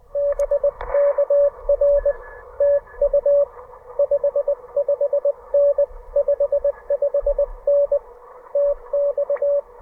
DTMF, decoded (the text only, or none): none